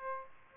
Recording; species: mosquito wingbeat signal from an infrared sensor; Aedes aegypti